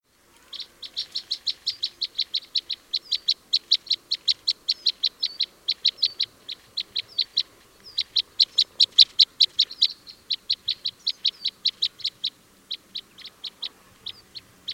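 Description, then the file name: Red crossbill flight calls: a dense, steady run of many sharp, high chip notes, with a few brief pauses. Type N; flight calls. "Red Crossbill Type N 01-FCs"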